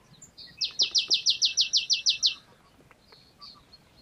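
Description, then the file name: Marsh tit giving a rapid series of about ten evenly spaced, buzzy chattering notes, with scattered soft chirps before and after. "Poecile palustris"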